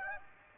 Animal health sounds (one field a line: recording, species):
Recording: mosquito wingbeat signal from an infrared sensor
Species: Aedes aegypti